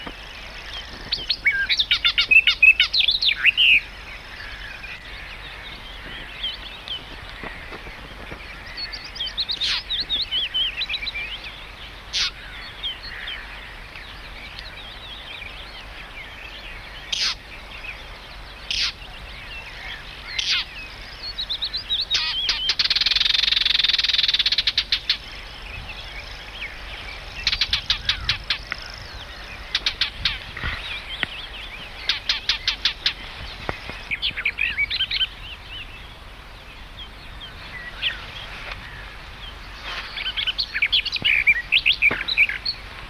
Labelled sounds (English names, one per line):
Barred Warbler